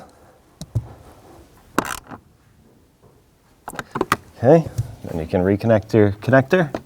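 A wiring harness connector is handled on a new blower motor resistor module in a 1997-2004 Dodge Dakota, ready to be pushed back on until it locks. Sharp handling clacks and rattles are heard around 1.8 s and between 3.8 and 4.1 s, and someone talks. Nothing has seated or clicked yet.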